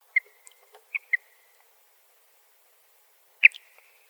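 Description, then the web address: Mountain Plover calls: a few short, sharp notes, each trailing into a brief level tone, three early with the last two close together, and one louder note near the end, in a quiet background. "Shorebirds AZFO MOUP CALLS deviche"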